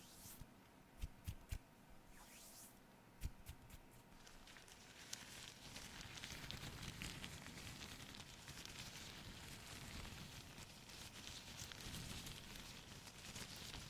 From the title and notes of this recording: ASMR FACE CLEANING, ASMR ROLE PLAY CLEANING CAMERA, NO TALKING.